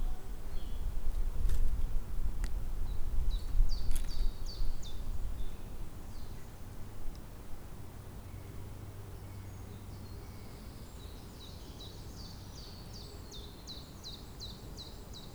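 Birds sing on a spring day in Tivoli Park, Ljubljana, with bright repeated chirps in short runs, clustered near four seconds and again from about eleven seconds to the end. A low rumble dominates the first six seconds, then fades to a quieter steady hum.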